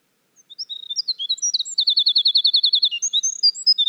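Winter wren song: a rapid, high tumbling run of tinkling notes and warbles, with a fast even trill of repeated notes in the middle, then more jumbled twitters.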